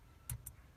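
A fuse puller clipped onto a blade fuse in the fuse box of a 2004 Toyota Matrix that is not starting yanks the bad fuse out. Two sharp snaps are heard at 0.3 and 0.5 seconds as the fuse pops free of the fuse box.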